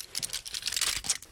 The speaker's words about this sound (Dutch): Het is het geluid van iemand met reuma die een medicijnverpakking probeert te openen.